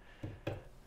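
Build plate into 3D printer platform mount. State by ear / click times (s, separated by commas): seated / 0.5 s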